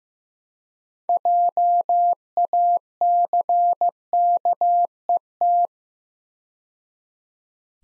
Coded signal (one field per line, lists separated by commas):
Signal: Morse code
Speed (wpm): 15 wpm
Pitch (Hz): 700 Hz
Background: none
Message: JACKET